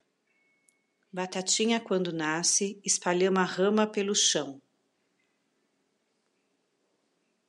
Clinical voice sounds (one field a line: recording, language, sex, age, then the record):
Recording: short text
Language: Brazilian Portuguese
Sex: female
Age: 50 to 59 years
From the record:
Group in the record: control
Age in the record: 50 years